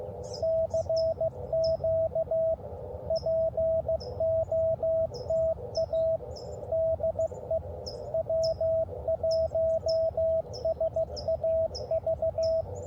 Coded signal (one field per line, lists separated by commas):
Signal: Morse code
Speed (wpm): 15 wpm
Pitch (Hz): 650 Hz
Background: radio noise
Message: CQ POTA DE W1SAV